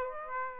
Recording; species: mosquito wingbeat signal from an infrared sensor; Aedes aegypti